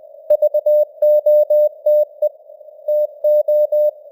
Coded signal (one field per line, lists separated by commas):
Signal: Morse code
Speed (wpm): 20 wpm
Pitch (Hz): 600 Hz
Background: none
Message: VOTE TO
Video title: Morse Code News | 2026-01-13 | 20wpm